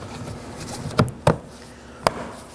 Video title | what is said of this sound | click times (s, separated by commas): How to Remove Rear Door Panels 2013-2019 Nissan Sentra | We'll grab the connector and reconnect it. Make sure you hear a click and it's secure. | 1.0 s, 1.3 s, 2.1 s